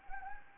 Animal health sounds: mosquito wingbeat signal from an infrared sensor; Anopheles gambiae

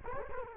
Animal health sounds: mosquito wingbeat signal from an infrared sensor; Culex quinquefasciatus

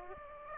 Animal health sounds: mosquito wingbeat signal from an infrared sensor; Aedes aegypti

